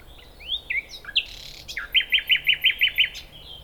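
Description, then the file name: Common nightingale song: a few varied whistled notes, then a run of seven loud, evenly repeated upslurred notes. "Luscinia megarhynchos"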